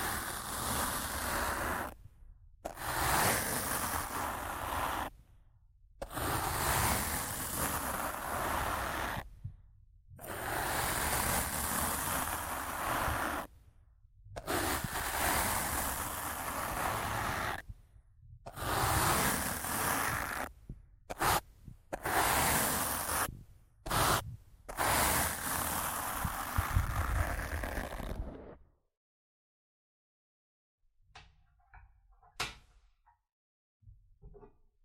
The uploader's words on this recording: ASMR Rough Mic Scratching & Brushing (No Talking).